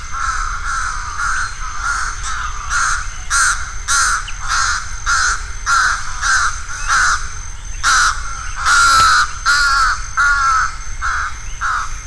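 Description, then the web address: Slender-billed crow calls in a rapid, uneven series of hoarse, nasal caws over a constant hissing background and low rumble. Recorded on 10 March 2005. "20050310. slender-billed crow"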